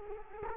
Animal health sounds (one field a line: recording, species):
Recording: mosquito wingbeat signal from an infrared sensor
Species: Culex quinquefasciatus